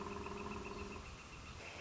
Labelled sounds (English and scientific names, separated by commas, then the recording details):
Northern Flicker (Colaptes auratus)
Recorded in Sonoma County, California